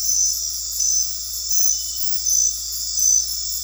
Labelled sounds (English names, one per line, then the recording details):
none
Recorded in dense forest near Puerto Asís, Putumayo, Colombia, on 9 March 2025 at 21:30
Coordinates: 0.503, -76.323
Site GP09